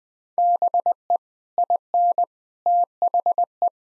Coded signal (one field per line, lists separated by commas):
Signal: Morse code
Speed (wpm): 20 wpm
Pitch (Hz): 700 Hz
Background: none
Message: BE IN THE